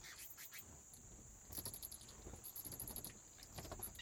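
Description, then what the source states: Bat wing beats, a quick pattering flutter building from about one and a half seconds and continuing in uneven bursts, against a faint steady high tone. Bats' wing flaps in a cave habitat.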